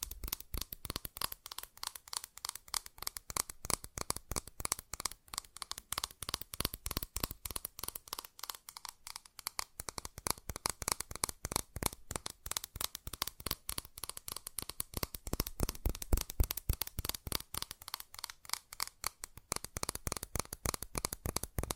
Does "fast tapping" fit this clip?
yes